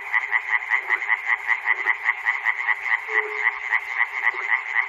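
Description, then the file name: Frog croaking in a long, steady series of quick clicking pulses, evenly paced over a continuous buzz. Frogs recorded at Chernobyl. "peter cusack-chernobyl frogs"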